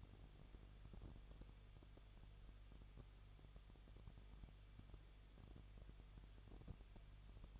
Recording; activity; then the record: daily activity, microphone in the room; no activity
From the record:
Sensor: 4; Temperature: 23.1 degrees Celsius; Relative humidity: 34.0%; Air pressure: 1007.2 hPa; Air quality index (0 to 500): 216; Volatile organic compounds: 15 ppm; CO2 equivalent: 2491 ppm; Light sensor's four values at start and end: 2/3/1/1 and 2/3/1/1